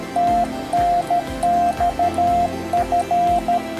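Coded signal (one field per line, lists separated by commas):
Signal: Morse code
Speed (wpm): 13 wpm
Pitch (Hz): 700 Hz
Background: music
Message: TNXF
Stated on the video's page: QRP CW at 5 W on HF using a nearly invisible emergency antenna with tuner, 40 to 10 metre bands, contact with Spain.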